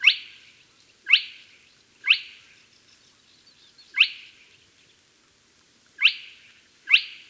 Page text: Spotted Crake Call. Quick Sounds